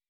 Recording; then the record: hydrophone in a shrimp aquaculture tank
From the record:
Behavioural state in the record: weakened